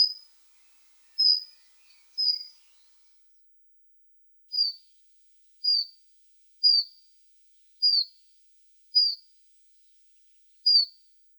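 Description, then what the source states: Mountain chiffchaff giving single high, slightly falling notes, repeated roughly once a second with a few longer pauses; nothing else clearly audible. Caucasian form of the chiffchaff, in the Caucasus.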